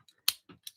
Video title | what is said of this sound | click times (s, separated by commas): Building the StarCraft TMG Protoss with Me - LIVE! | There we go. you know it click into place. | 0.3 s